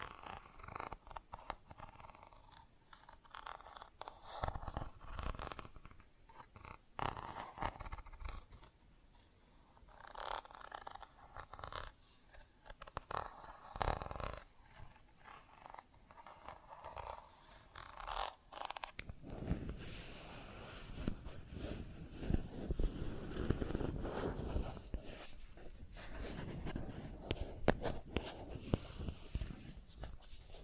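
Plastic objects are tapped and scratched in irregular bursts, with sharp clicks and rasping scrapes separated by short pauses for the first twenty seconds. Around the twentieth second the sound turns into a denser, continuous rubbing and scratching that runs to the end, with occasional louder taps.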